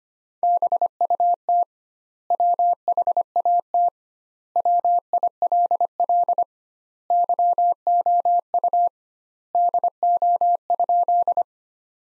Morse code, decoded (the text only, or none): BUT WHAT WILL YOU DO?